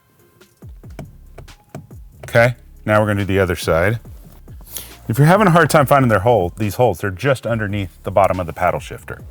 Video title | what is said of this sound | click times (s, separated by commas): It Broke...New Steering Wheel on 6th Gen Camaro ZL1.... | airbag as we do this can you hear that | 1.0 s